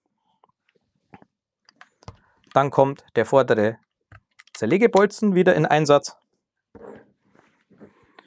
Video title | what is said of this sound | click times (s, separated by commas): NORLITE USK G - DAS COOLSTE CARBINE-KIT FÜR DIE GLOCK? | verriegle es, bis es klickt. | 1.8 s